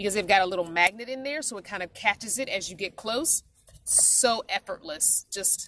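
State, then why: Not seated. A magnetic snap fastener on a ring holder strap inside a fabric travel jewelry bag is handled while someone talks, with soft bursts of hiss and rustle between the words. Nothing has seated or clicked yet; the snap has not closed by the end of the clip.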